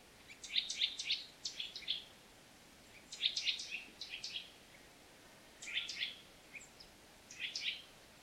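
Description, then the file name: Eurasian nuthatch giving short, high, sharp call notes in quick clusters of several, with short pauses between, over a steady background hiss. "Sitta europaea"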